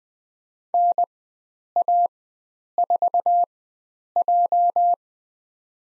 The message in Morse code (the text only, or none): NA4J